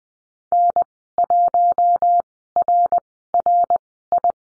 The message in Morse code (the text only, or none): N1RRI